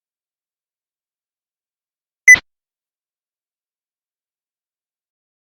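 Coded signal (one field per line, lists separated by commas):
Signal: roger beep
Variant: walkie-talkie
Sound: a single short high beep followed by a quick burst of static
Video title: Walkie Talkie Roger Beep Sound Effect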